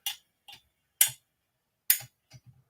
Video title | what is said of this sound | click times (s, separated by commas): First live stream of 2023!!!...SIC Prep!!!..join in on the chat! | Locks in place. | 1.9 s